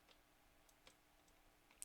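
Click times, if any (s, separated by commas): 1.8 s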